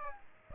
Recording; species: mosquito wingbeat signal from an infrared sensor; Aedes aegypti